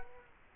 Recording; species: mosquito wingbeat signal from an infrared sensor; Culex quinquefasciatus